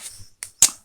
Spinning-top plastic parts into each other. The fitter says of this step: pretty solid clicks with this probably